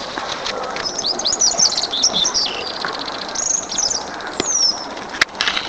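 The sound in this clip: Thrush song of thin, high chattering notes and rapid squeaky trills in short phrases, with one sharp click near the end.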